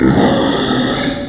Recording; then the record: squeal of a Yucatan mini pig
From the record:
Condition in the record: before surgery on the right vocal fold (resection and tissue-engineered implant); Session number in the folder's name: 3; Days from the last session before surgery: 0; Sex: female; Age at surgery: 19 weeks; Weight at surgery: 25 kg